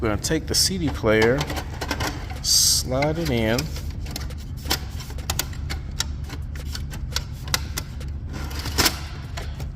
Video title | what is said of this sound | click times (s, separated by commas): 2009 Honda odyssey radio removal replacement install upgrade | that's going to snap in place | 7.5 s